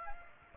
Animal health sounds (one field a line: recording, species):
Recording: mosquito wingbeat signal from an infrared sensor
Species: Aedes aegypti